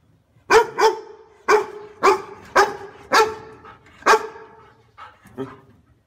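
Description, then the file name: Dog, seven loud barks, followed by two quieter barks at the close. "Tieng cho sua"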